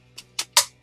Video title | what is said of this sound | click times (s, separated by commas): Unboxing the Trendi Switch 2 Gang (2 Way & Intermediate) in Copper - ART-SS29CPR | You'll hear that click so that you know it's successfully on. | 0.4 s, 0.6 s